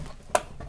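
A PCIe riser cable connector from a Lian Li vertical GPU kit is pushed into a motherboard x16 slot, and the retention latch gives a sharp, bright click at 0.4 s. A much fainter tap follows at 0.6 s over a quiet background, and the connector is properly seated.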